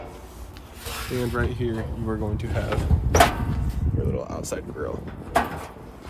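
Someone talks while handling the swing-out outside grill mounted on the exterior of a 2022 Sunset Trail 242BH RV, with soft sliding and knocking sounds as the grill is moved. A sharp knock sounds near the end, but the grill has not yet locked into place and nothing has clicked.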